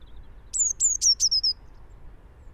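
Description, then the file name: Eurasian blue tit giving a rapid series of about five high, piercing down-slurred notes lasting around one second, over a faint low hum. "Cyanistes caeruleus"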